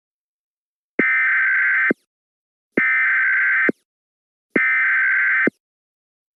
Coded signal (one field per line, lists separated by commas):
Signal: Emergency Alert System (SAME) tones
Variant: header bursts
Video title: EAS Scenario: Riot Reaping In Minnesota